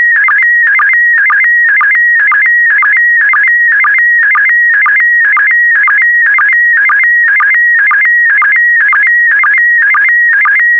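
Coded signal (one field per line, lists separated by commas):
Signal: SSTV (slow-scan television)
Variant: PD120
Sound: warbling tone near 2 kHz, repeating rhythmically about twice a second with brief low blips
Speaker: complete. You can now check your decoded image against the picture that is shown on the video.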